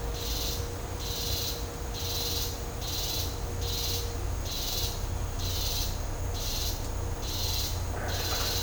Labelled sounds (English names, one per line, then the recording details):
none
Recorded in dense forest near Puerto Asís, Putumayo, Colombia, on 20 December 2024 at 12:30
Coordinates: 0.503, -76.323
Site G043